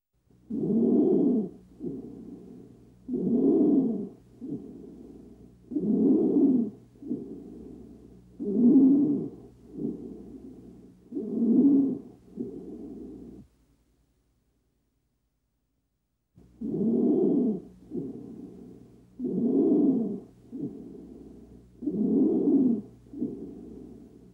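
Loud, harsh, low-pitched inspiratory noise at about 23 breaths a minute over the trachea: inspiratory stridor, signalling upper airway narrowing.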